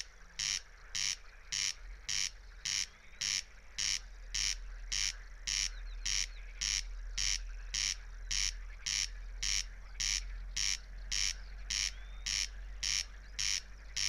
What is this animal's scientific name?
Crex crex